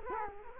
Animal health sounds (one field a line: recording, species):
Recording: mosquito wingbeat signal from an infrared sensor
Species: Culex quinquefasciatus